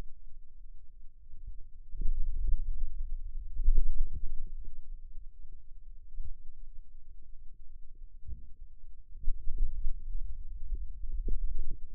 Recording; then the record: forearm muscle sounds (acoustic myography)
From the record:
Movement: wrist extension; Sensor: system 2, bracelet of six BSWA MPA416 microphones around the upper forearm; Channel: 5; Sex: male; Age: 22 years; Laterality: right